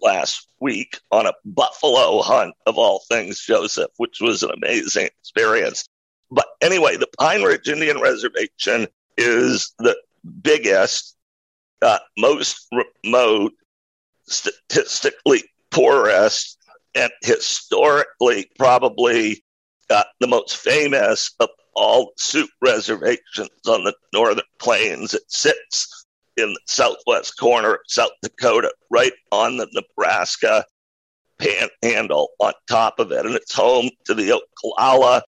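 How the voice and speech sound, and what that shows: Adult male speaker with a rare neurological voice disorder (dysphonia), acquired in 2012, that made speaking difficult; the voice has since improved and he speaks freely without pain, though it still sounds unusual, with a partial loss of voice. Connected speech with frequent pauses and a rough, breathy-sounding quality.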